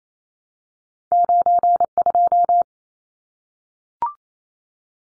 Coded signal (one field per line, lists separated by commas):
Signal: Morse code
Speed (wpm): 28 wpm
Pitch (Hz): 700 Hz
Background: none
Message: 92